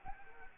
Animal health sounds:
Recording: mosquito wingbeat signal from an infrared sensor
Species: Anopheles arabiensis

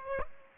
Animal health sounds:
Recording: mosquito wingbeat signal from an infrared sensor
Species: Aedes aegypti

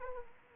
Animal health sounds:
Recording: mosquito wingbeat signal from an infrared sensor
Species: Anopheles arabiensis

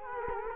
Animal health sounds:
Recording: mosquito wingbeat signal from an infrared sensor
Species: Culex quinquefasciatus

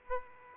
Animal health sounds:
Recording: mosquito wingbeat signal from an infrared sensor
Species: Aedes aegypti

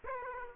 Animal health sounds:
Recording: mosquito wingbeat signal from an infrared sensor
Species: Aedes aegypti

